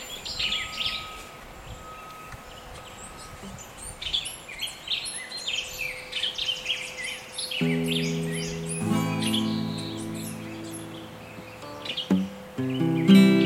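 Forest ambience with scattered bright bird chirps throughout, a steady faint hum, and a low droning engine-like sound rising from about eight seconds.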